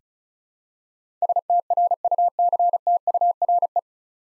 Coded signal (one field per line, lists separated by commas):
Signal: Morse code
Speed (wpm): 36 wpm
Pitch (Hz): 700 Hz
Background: none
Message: STRUCTURE